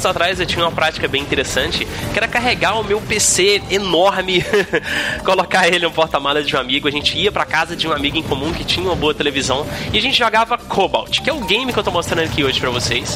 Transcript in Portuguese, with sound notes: anos atrás eu tinha uma prática bem interessante, que era carregar o meu PC enorme, [risos] colocar ele no porta-malas de um amigo, a gente ia para a casa de um amigo em comum que tinha uma boa televisão e a gente jogava Cobalt, que é o game que eu estou mostrando aqui hoje para vocês.